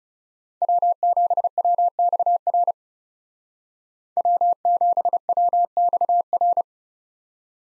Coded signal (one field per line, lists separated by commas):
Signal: Morse code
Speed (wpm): 39 wpm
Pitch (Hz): 700 Hz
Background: none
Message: W7WXR W7WXR